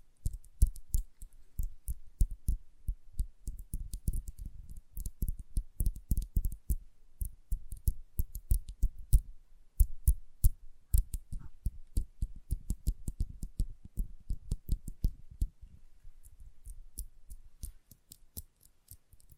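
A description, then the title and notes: Light, rapid tapping in quick, uneven bursts, each tap a short click with a soft low thump beneath it. The taps come densely and irregularly across the whole stretch, loudest in the first third and growing sparser and quieter toward the end. Sensitive Tapping.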